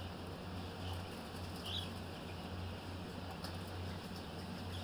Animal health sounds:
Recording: poultry house recording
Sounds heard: healthy chickens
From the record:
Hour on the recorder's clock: 8

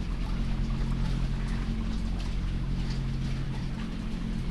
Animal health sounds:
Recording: poultry house recording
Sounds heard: sick chickens (respiratory disease)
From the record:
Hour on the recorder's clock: 20

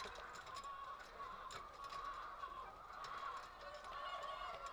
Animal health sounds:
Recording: poultry house recording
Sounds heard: healthy chickens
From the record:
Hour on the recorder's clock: 23

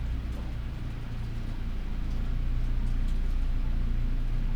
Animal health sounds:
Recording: poultry house recording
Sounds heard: healthy chickens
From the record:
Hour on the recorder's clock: 12

